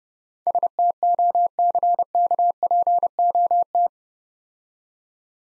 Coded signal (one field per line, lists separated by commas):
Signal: Morse code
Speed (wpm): 32 wpm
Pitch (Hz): 700 Hz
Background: none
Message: STOCKPOT